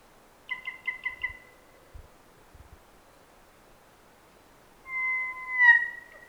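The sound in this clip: Kokako: kōkako song: a quick run of four or five pulsed organ-like notes, a quiet pause, then one long sustained whistle that falls slightly at its end.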